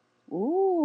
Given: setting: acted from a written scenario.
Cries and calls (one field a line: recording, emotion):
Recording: vocal sound without words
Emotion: amusement